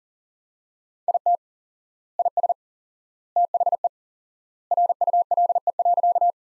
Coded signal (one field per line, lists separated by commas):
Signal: Morse code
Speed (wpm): 40 wpm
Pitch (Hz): 700 Hz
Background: none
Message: IT IS THE RULE.